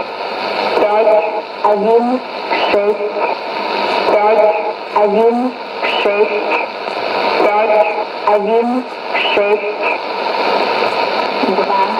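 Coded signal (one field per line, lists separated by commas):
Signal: numbers station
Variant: S06s, Russian language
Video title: 19 05 2017 Numbers station S06s Russian Lady in Russian to Eu 0944 on 9655 unknown tx site in CUSB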